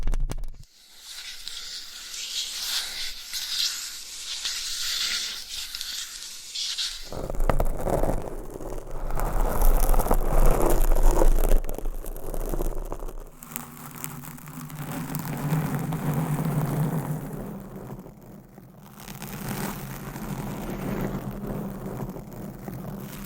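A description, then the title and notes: Rough scratching and rubbing on a microphone, changing in abrupt sections. A hissy, bright stretch runs for the first seven seconds, then gives way to a thicker, rumbling scrape, and after about thirteen seconds a low, steady drone hums underneath. ASMR Mic Scratching - Brain Scratching with 20 MICS No Talking for Sleep with Long Nails.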